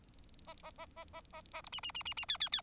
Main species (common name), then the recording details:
Bengalese Finch. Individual Bird4